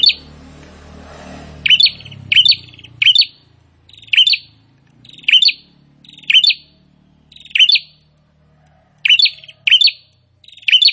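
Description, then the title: Prinia song: short bursts of a buzzy trill ending in a sharp high note, repeated about once a second, with low rumbling noise at the start. Prinia singing actively (gacor). "Prenjak gacor"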